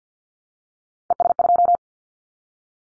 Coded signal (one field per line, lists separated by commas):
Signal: Morse code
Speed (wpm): 50 wpm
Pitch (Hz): 700 Hz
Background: none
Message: ES2